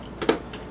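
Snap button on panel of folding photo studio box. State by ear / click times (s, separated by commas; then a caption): not seated / none. A snap button on a panel piece of a Depthlan folding photo studio box with LED light is pressed after the panel is placed on the other side of the box. Three short dull taps are heard at about 0.2, 0.3 and 0.5 seconds, the middle one loudest. The snap fails to close, and nothing has seated or clicked yet.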